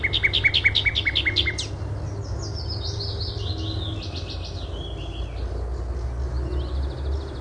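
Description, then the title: Bird song opening with a fast, evenly repeated series of bright notes, then buzzy phrases and scattered twitters over a low background hum. "LuckyPassaro Completos2Sama"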